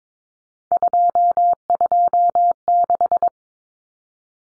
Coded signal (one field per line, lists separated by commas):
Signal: Morse code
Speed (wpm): 22 wpm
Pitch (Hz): 700 Hz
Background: none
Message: 226